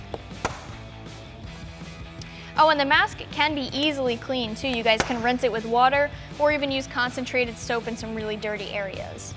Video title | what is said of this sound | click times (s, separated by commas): 2015-2019 Mustang GT & V6 Novistretch Hi-Flow Front End Mask Review & Install | So, jetzt, wo wir das vor uns haben, sind wir werde es einfach einrasten lassen. | 0.1 s, 0.4 s